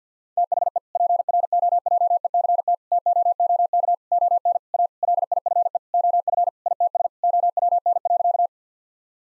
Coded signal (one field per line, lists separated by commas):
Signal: Morse code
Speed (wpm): 50 wpm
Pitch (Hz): 700 Hz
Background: none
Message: THE PROJECT TOOK ON A LIFE OF ITS OWN.